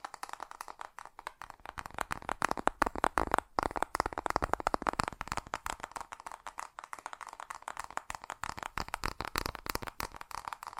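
Fast fingertip tapping in dense, rapid clicks runs throughout, briefly building louder and brighter around three to four seconds before settling back.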